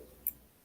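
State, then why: Seated. A hinged silver enhancer bail is closed around a solid silver ring. It snaps shut with a single sharp, bright tick at 0.3 s over a faint low background hum, and the bail is seated securely.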